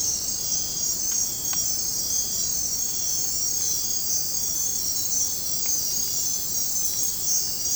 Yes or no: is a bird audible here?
no